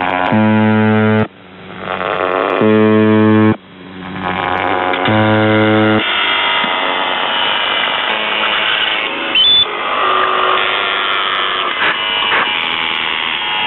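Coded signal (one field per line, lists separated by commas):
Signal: channel marker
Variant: UVB-76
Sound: three harsh low buzzes, about a second each, then shortwave hiss and noise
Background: radio static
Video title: The Buzzer/UVB-76(4625Khz) April 13th, 2023 Voice messages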